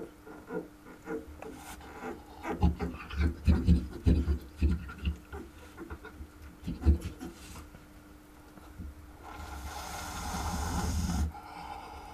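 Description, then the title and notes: Wolverine giving low, rasping growls in quick uneven pulses, then a steady hissing noise near the end. "Ahma."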